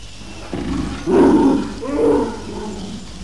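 Panda bleating calls: two nasal, wavering bleats, the first broad and rough, the second rising then falling, over a steady low background hiss.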